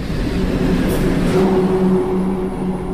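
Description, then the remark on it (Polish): A long-distance train rolls through a station without stopping, heading towards Grodzisk, a loud, steady low rumble with a faint humming drone layered on top for the full few seconds. “Będzie jechał pociąg jakiś dalekobieżny.”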